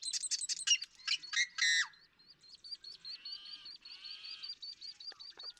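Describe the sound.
Marsh Wren song: a fast stuttering series of chattering, gurgling notes, then a regular string of high, thin notes from another bird carries on.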